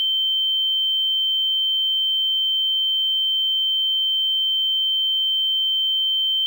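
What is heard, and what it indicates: A steady, continuous high-pitched pure tone near 3 kHz, unchanging throughout, simulating the ringing of tinnitus.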